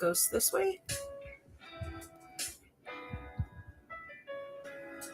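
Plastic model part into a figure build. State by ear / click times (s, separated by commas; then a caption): not seated / none. A plastic part of a buildable figure model is turned the right way and pressed into the figure build while someone talks over music. The clip ends before the part goes home, so nothing has seated or clicked yet.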